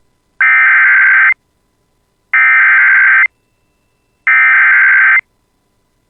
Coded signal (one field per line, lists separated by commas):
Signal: Emergency Alert System (SAME) tones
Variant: header bursts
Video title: [EAS] Severe Thunderstorm Warning for Fosston and Lengby (7/24/26)